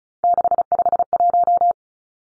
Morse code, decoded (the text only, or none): 651